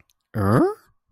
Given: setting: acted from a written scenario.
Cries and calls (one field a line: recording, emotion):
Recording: vocal sound without words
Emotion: confusion